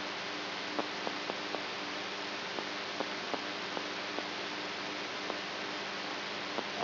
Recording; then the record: brain microelectrode recording played as sound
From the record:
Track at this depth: outside the subthalamic nucleus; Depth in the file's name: 7.105 mm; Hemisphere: right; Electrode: 3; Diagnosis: Parkinson's disease